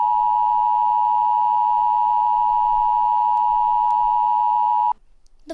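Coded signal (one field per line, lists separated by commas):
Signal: Emergency Alert System (SAME) tones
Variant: 853 and 960 Hz attention tone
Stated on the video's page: EAS SAME tones in a mock alert about fictional Black Mesa Research Facility explosions, simulated.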